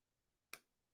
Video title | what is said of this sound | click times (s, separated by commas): DIY 003: MicParts SDC-84 Snare Microphone build | there hear that click | 0.5 s